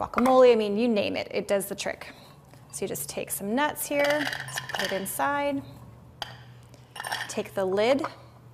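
Someone talks while nuts are placed inside the bowl of a pull-cord food chopper and its plastic lid is picked up, with light clinks and knocks from the handling. The lid has not yet been locked into place; nothing has seated or clicked by the end of the clip.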